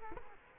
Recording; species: mosquito wingbeat signal from an infrared sensor; Culex quinquefasciatus